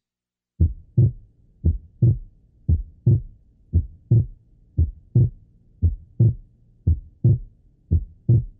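Regular paired heart sounds near 58 per minute in an adult. A slight splitting of the second sound, evident when both components are of similar intensity, becomes inaudible as one component is markedly accentuated and masks the split, as in pulmonary or systemic arterial hypertension, where the split is shortened and not evident.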